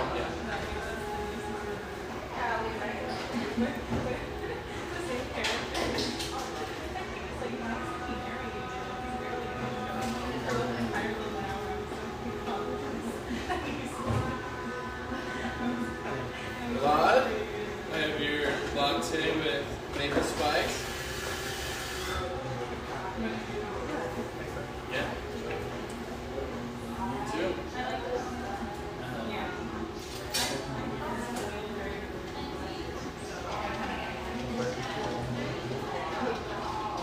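Lively coffeeshop ambience with constant overlapping chatter, occasional clinks and brief louder bursts around seventeen and twenty-one seconds, steady throughout.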